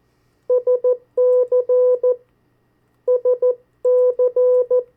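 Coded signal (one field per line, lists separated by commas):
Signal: Morse code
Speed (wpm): 14 wpm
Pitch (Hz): 500 Hz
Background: none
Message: SC SC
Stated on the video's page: CW copy practice of the 50 state abbreviations at variable speeds.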